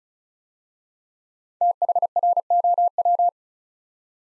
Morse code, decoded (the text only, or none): THROW